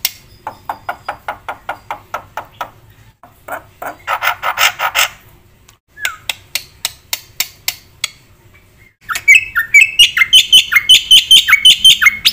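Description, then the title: Black-winged myna song of rapid clicking notes and a harsh rasping burst, ending in quick, loud, repeated whistled and buzzy phrases. Jalak putih song recording for bird training (masteran), used for lure (pancingan) and masteran, full of rapid fill-ins (isian cepat), bird singing energetically (gacor). "Pasti Nyautsuara Burung Jalak Putih Gacor Full Isian Cepat Untuk PANCINGAN Dan MASTERAN. Gacor Untuk Masterran"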